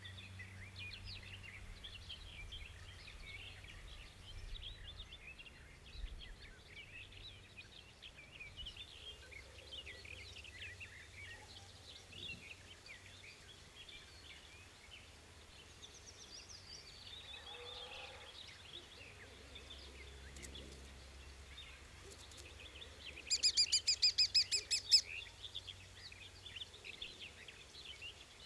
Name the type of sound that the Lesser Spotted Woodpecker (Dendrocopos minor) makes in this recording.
call